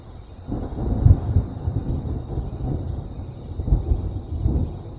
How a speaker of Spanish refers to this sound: Es un trueno de nada. Eso no significa que vaya a llover justamente ahora.